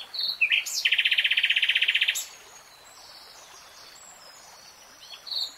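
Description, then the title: Nightingale song: a brief whistle and then a very fast buzzy trill of rapid repeated notes for over a second, followed by a quiet pause and soft high notes. Nightingale singing in real time. "[Tiếng chim hót] 3 Hours REALTIME Nightingale Singing"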